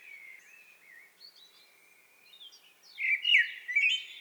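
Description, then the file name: Common blackbird delivering quiet, drawn-out fluty notes at first, then a louder burst of warbled, twittering phrases in the final second and a half. "Turdus merula"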